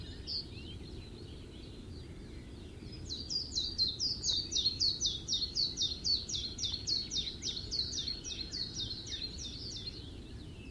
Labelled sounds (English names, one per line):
Willow Warbler song